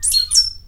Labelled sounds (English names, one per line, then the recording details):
Stitchbird song
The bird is a male
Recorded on Tiritiri Matangi Island, New Zealand, in 2005
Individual 22, of nest box 31